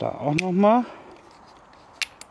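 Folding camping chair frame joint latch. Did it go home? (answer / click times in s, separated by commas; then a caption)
yes / 2.0 s. Someone talks briefly while locking the second frame joint of a folding camping chair. A sharp latch click is heard at 2.0 s, followed by a softer tick at 2.2 s. The second latch snaps in and the joint is seated.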